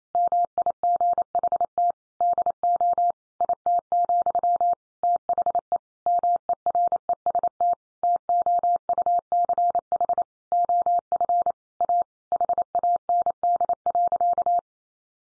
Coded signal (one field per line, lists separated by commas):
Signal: Morse code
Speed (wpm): 28 wpm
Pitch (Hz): 700 Hz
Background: none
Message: MIGHT DO IT, THE MEREST TOUCH OF A HAND.